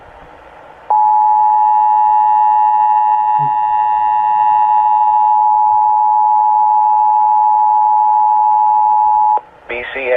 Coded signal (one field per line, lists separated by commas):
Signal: Emergency Alert System (SAME) tones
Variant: 853 and 960 Hz attention tone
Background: speech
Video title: EAS Catches #16: Immediate Evacuation